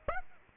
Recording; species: mosquito wingbeat signal from an infrared sensor; Aedes aegypti